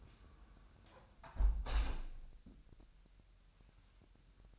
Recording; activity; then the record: daily activity, microphone in the room; close window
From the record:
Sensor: 2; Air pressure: 1000.0 hPa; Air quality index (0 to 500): 228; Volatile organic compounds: 59 ppm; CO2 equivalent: 3406 ppm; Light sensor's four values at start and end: 9/20/8/8 and 8/20/8/8